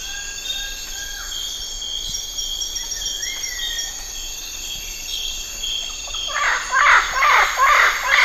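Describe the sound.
Bird calls: a few faint rising whistled notes early, then harsh, buzzy, chattering bursts repeated rapidly over the final two seconds, above a steady high insect drone.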